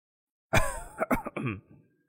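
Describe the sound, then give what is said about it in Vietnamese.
An old man gives a raspy, phlegmy cough, a rough throaty burst followed by a few shorter hacking coughs that trail off, with no talking. “Ông lão ho một hơi rồi nói.”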